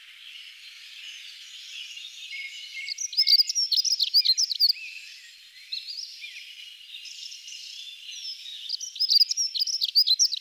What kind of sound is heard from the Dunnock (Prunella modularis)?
song